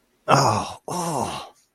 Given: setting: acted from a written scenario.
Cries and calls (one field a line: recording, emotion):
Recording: vocal sound without words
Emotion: desire